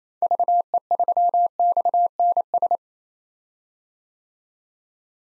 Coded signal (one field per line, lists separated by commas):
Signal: Morse code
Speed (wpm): 28 wpm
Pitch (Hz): 700 Hz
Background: none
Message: VE3XNS